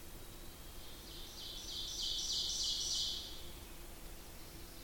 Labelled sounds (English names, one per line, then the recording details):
Ovenbird song
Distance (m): 40 m
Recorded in boreal forest in Alberta, Canada, on 8 June 2016 at 08:37
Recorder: SongMeter 3, array SBT-3-9
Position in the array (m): 165 m, 150 m
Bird 35